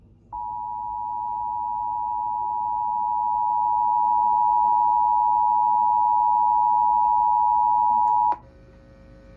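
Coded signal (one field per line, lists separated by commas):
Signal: Emergency Alert System (SAME) tones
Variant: 853 and 960 Hz attention tone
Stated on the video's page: Pennsylvania required monthly test of the emergency alert system, scheduled for 9:15 AM.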